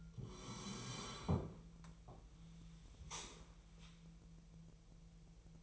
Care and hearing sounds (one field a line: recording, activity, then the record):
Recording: daily activity, microphone in the room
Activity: sit down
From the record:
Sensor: 1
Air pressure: 1002.0 hPa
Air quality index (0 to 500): 243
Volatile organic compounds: 107 ppm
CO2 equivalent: 3800 ppm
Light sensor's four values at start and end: 10/24/10/11 and 10/24/10/12